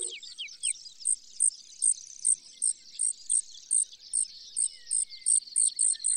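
Brewer's sparrow song, a steady series of evenly spaced high chips over a thin buzzy trill.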